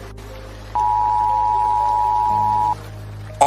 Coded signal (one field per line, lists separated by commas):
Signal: Emergency Alert System (SAME) tones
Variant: 853 and 960 Hz attention tone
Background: music